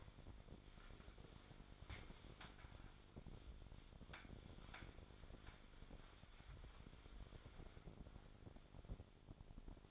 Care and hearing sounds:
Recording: daily activity, microphone in the room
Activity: wipe stove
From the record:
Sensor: 5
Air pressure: 1007.1 hPa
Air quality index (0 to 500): 174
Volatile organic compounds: 4 ppm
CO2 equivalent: 1664 ppm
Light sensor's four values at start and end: 54/149/59/59 and 52/143/57/57

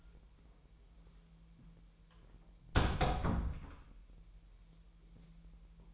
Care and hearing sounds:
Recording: daily activity, microphone in the room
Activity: close door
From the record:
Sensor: 1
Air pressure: 1001.5 hPa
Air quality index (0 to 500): 250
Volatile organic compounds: 128 ppm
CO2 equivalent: 3919 ppm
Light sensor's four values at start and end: 9/21/8/9 and 8/20/8/8

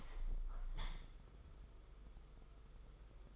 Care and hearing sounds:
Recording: daily activity, microphone in the room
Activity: open window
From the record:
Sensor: 5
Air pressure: 991.5 hPa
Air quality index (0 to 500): 109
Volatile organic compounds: 25 ppm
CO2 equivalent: 2844 ppm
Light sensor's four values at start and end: 39/126/48/51 and 39/126/48/51

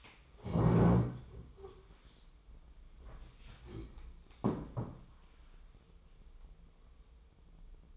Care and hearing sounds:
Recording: daily activity, microphone in the room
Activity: stand up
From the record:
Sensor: 1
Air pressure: 1005.1 hPa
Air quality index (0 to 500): 124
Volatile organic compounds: 5 ppm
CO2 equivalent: 1732 ppm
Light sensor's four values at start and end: 11/27/11/12 and 11/26/11/11

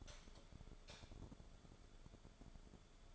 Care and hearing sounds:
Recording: daily activity, microphone in the room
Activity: light off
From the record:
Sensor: 5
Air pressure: 1010.4 hPa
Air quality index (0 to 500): 119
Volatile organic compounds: 2 ppm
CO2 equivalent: 1165 ppm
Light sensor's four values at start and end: 522/1336/553/622 and 521/1333/552/621

